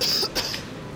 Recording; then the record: coughing mixed with background sound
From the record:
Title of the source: November cold (wet coughing)